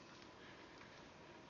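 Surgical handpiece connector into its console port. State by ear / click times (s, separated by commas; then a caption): not seated / none. A surgical handpiece connector is handled at its Centurion Gold Vision System console port after its red dots are lined up, ready to be pushed in. Only a steady, even broadband hiss is heard with no sharp transients, and nothing has seated or clicked yet.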